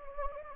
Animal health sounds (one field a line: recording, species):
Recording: mosquito wingbeat signal from an infrared sensor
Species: Anopheles gambiae